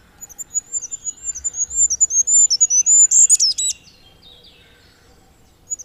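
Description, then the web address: Goldcrest singing a high-pitched, thin series of fast repeated notes that swells in loudness and finishes with a quick twirling flourish, followed by near silence. "agykontroll Madardalok Cd 1. Sárgafejű királyka"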